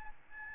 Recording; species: mosquito wingbeat signal from an infrared sensor; Aedes albopictus